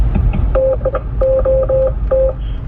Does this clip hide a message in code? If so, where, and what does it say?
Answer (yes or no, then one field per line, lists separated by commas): no